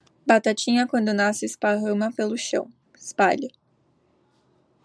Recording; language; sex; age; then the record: short text; Brazilian Portuguese; female; 18 to 19 years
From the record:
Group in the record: control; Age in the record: 18 years